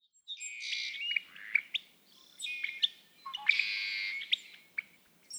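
Red-winged blackbird song: three buzzy, rasping phrases with sharp chip notes between them.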